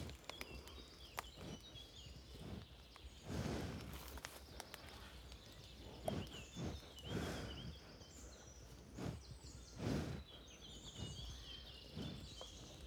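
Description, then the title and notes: Cow feeding: loud puffing breaths in bursts, tearing and chewing of vegetation, with birdsong throughout. Curious cow feeding and breathing at very close range, in the Marais Poitevin marshes, Le Mazeau, France, at 09:20; recorded with a MixPre-6 II and a DPA 4022 ORTF pair. "85420 Le Mazeau, France - A TAAAABLE DANS LES MARAIS. REPAS DE VACHE. VACHE MANGE ET SOUFFLE_MARAIS POITEVIN_09H20. En grande proximité, repas d'une vache dans les Marais. Curieuse, son souffle en proximité est fort chaleureux"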